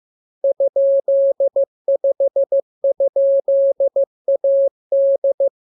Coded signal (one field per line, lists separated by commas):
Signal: Morse code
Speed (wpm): 15 wpm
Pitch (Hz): 550 Hz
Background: none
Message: ?5?AD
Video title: Learning Morse Code. Lesson 37. Letter KMURESNAPTLWI.JZ=FOY,VG5/Q92H38B?47C1D